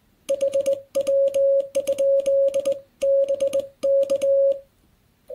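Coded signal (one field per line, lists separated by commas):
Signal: Morse code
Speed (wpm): 22 wpm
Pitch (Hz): 550 Hz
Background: none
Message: HW? BK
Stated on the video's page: CW QSO on 40 m with New Year greetings.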